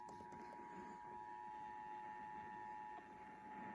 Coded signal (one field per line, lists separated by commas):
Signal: Emergency Alert System (SAME) tones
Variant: 853 and 960 Hz attention tone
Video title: EAS 629-630 - DC RMT on WTOP and WFED-AM